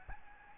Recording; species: mosquito wingbeat signal from an infrared sensor; Aedes albopictus